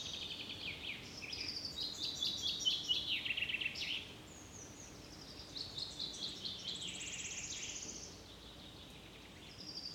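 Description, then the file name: Common chaffinch singing: two descending trilled phrases, each a quick run of notes dropping in pitch and ending in a flourish, separated by a short gap. "Fringilla coelebs"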